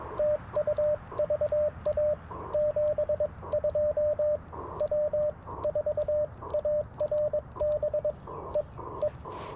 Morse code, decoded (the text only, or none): TU VA 72 W4ARB E E